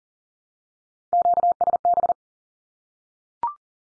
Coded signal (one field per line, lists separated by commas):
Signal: Morse code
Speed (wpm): 40 wpm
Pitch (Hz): 700 Hz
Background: none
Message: QSB